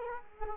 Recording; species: mosquito wingbeat signal from an infrared sensor; Culex quinquefasciatus